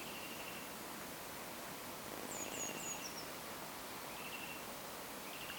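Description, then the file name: Eurasian wren, short chattering rattles at intervals, with thin high falling whistles from another bird midway and a constant hiss throughout. "Troglodytes troglodytes"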